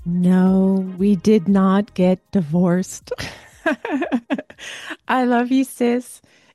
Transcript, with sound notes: we did not get divorced. (laughs) I love you, sis,